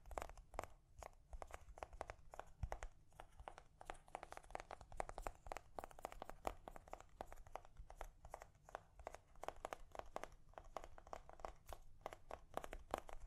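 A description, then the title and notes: Gentle tapping runs throughout in quick, uneven bursts of light clicks, several per second with brief gaps. The taps are crisp and bright, with a faint crinkly texture, over a soft low rumble that stays steady underneath. ASMR Gently Tapping You to Sleep (No Talking).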